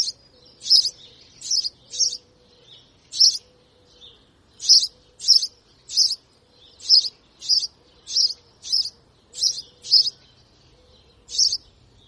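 House sparrow giving a steady series of sharp, high chirps, some paired, in an irregular but continuous rhythm, with a faint low hum underneath.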